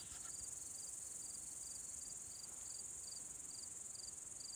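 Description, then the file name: Cricket chirping in brief high bursts, a little over two per second, above a constant high-pitched insect buzz. "Grillen"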